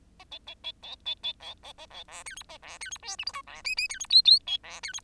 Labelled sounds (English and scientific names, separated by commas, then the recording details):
Bengalese Finch (Lonchura striata domestica) song
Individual Bird10